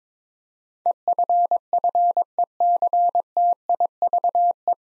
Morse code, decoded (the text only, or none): EFFECTIVE